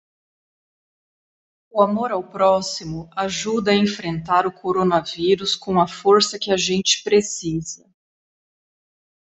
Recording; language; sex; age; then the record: spoken sentence; Brazilian Portuguese; female; 30 to 39 years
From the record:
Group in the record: control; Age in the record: 35 years